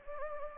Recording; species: mosquito wingbeat signal from an infrared sensor; Anopheles gambiae